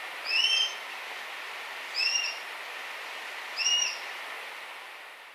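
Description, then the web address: Plain-breasted hawk giving three brief slurred whistled notes, roughly evenly spaced, against faint background hiss. Recorded in Ecuador. "Birds of Ecuador. Plain-breasted Hawk"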